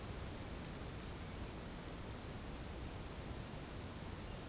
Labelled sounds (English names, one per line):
none